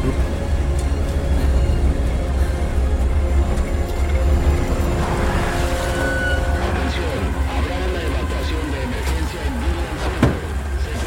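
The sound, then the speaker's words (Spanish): A truck approaches, its engine rumbling steadily and loudly, a deep continuous drone with grinding mechanical noise, while muffled voices come and go underneath. “Viene un camión.”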